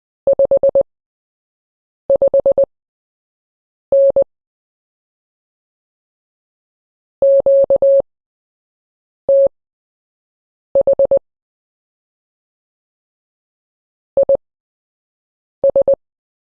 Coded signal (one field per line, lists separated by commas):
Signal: Morse code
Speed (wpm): 20 wpm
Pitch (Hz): 550 Hz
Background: none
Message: 55N QTH IS